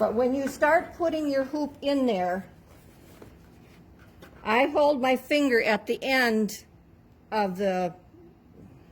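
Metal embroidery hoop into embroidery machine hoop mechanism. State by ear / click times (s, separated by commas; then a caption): not seated / none. A metal embroidery hoop is slid into the hoop attachment of an embroidery machine, lined up before it is pushed in. Someone talks, with a quiet pause in between where two faint handling knocks are heard at about 3.2 and 4.0 seconds. The hoop has not clicked into place yet.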